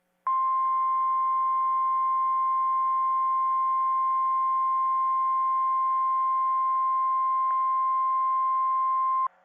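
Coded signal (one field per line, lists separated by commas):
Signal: Emergency Alert System (SAME) tones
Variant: 1050 Hz attention tone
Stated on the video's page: SAME tones on NOAA Weather Radio for mandatory evacuations and hurricane warnings from a hurricane in Florida.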